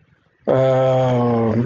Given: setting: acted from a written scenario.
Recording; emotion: vocal sound without words; neutral